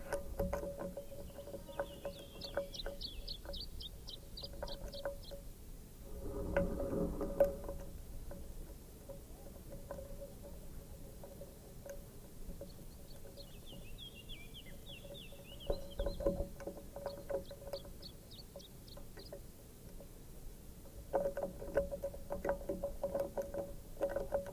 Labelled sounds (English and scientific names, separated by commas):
Canary Islands Chiffchaff (Phylloscopus canariensis) song